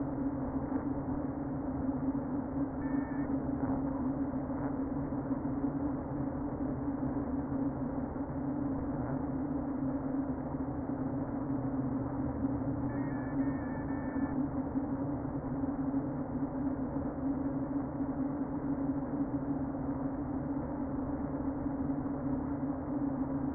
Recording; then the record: honeybee colony, microphone inside the hive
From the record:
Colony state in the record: queen present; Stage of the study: before two queens were removed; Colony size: about 60,000 bees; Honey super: yes